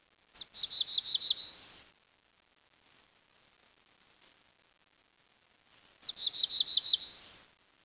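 Bird song phrase of about seven quick high notes ending in a rising whistle, repeated once after a four-second pause, quiet background otherwise.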